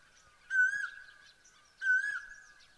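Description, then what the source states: Asian koel giving two loud whistled notes just over a second apart, each with a sharp rising start, over a steady faint tonal background. Sweet call heard in the early morning.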